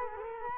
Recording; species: mosquito wingbeat signal from an infrared sensor; Culex quinquefasciatus